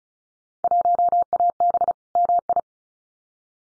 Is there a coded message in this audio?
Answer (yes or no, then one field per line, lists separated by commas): yes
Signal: Morse code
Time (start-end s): 0.6-2.6 s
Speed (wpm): 34 wpm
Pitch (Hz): 700 Hz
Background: none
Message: 1AB MI